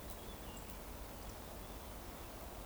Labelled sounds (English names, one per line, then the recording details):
Eurasian Woodcock whistle
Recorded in Baden-Württemberg, Germany, on 12 June 2020 at 19:19 UTC
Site 14569, 102 m above sea level